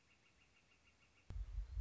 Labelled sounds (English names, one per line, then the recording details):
Northern Flicker
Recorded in Sonoma County, California